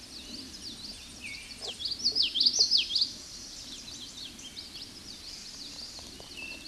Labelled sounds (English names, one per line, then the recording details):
Common Yellowthroat song
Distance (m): 5 m
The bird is about 5 m above the microphone
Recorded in a Pennsylvania forest on 16 May 2024 at 09:50
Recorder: AudioMoth, point MSD-1342
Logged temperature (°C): 15.5 °C
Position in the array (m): 225 m, 186 m